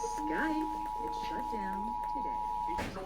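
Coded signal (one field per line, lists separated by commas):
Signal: Emergency Alert System (SAME) tones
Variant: 853 and 960 Hz attention tone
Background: speech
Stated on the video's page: Severe thunderstorm warning received on KUHT 8.3, KHJK 103.7 FM and KYAZ 51.1.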